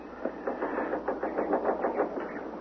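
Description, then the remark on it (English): A car starter failing as the key is turned: a steady run of rapid, rhythmic mechanical pulses, a whirring chug that never catches into a running engine, at a moderate level with no voices. “Well, I turn the key and the starter doesn't... It's dead.”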